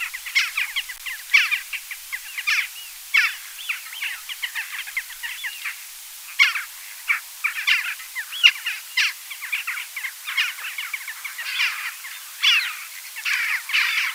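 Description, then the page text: Western Jackdaws calling: many short, sharp calls overlapping in a dense, continuous babble. "Western Jackdaw and Eurasian Wigeon Soundscape. Quick Sounds"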